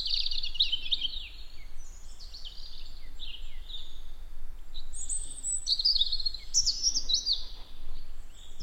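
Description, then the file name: European robin song: high, thin warbling phrases with trills and sliding whistles, separated by short pauses, over a low steady rumble. "Erithacus rubecula"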